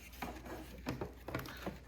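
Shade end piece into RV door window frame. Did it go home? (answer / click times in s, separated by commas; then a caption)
no / none. A plastic AP Products thin window shade end piece is pulled slightly while held and pressed toward its grooved frame with five tabs in an RV door window. Only soft scattered taps and rustles are heard, near 0.2, 0.9, 1.0, 1.3 and 1.4 seconds. The end piece does not snap in, and nothing has seated or clicked yet.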